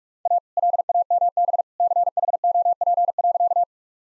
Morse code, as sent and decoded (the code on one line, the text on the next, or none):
.- / .-.. .- -- -... / -.-. .... --- .--. .-.-.-
A LAMB CHOP.